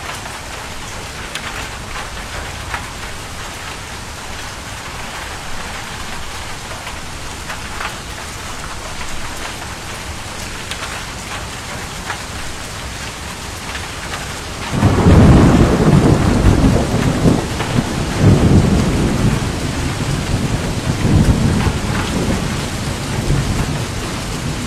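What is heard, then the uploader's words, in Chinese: A downpour of heavy rain hisses steadily, a dense, even patter of drops across the first fifteen seconds. Around fifteen seconds a loud, deep rumble of thunder rolls in, swelling and fading in waves until the end while the rain keeps pouring. 高清版 倾盆大雨实录。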